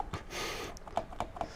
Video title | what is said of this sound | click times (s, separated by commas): I Tested 16 Temu Gadgets Under $1… Some Actually Worked! | I don't think it's gonna snap. | none